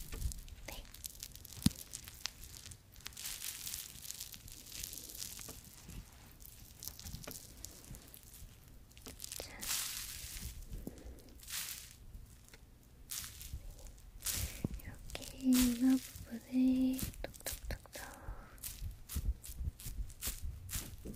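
Soft wet rubbing and squishing of creamy products in irregular bursts, with crinkly handling noises and two brief low tones near fifteen seconds.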